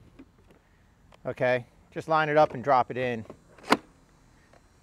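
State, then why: Seated. A Wesco 60 V, 5.0 Ah lithium battery pack is lined up and dropped into the battery bay of a 22-inch self-propelled 3-in-1 cordless lawn mower while someone talks. A sharp latch click at 3.7 s shows the battery seating in place.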